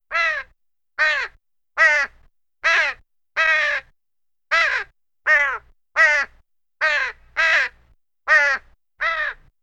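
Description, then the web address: Crow cawing, twelve harsh, ragged caws spaced roughly every 0.8 seconds with brief silent gaps. "Sony Creative Software Sony Pictures Sound Effects Series Volumes 1-10 Volume 1 Animals Crow Caws"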